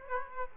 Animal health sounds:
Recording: mosquito wingbeat signal from an infrared sensor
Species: Aedes aegypti

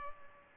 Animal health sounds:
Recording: mosquito wingbeat signal from an infrared sensor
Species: Culex pipiens

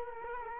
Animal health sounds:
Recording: mosquito wingbeat signal from an infrared sensor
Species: Culex quinquefasciatus

